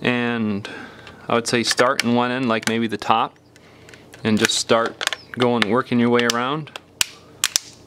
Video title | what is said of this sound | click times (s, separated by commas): HTC Desire 610 Vibrator Replacement How To Change | you can hear it snapping in good just make sure it's good all the way around you're good to go | 7.0 s, 7.4 s, 7.6 s